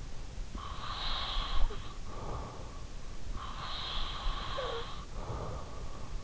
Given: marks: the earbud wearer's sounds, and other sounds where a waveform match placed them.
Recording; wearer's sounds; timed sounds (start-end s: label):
sounds in sleep by an in-ear microphone; breath
0.49-2.83 s: breath
3.46-5.86 s: breath